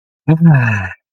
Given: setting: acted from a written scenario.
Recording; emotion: vocal sound without words; relief